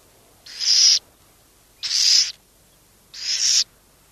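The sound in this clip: Burrowing owl making three rasping, airy hisses, each about half a second long, a little over a second apart, over a soft background hiss.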